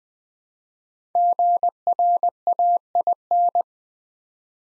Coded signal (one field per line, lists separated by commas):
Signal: Morse code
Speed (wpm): 20 wpm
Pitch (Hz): 700 Hz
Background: none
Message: GRAIN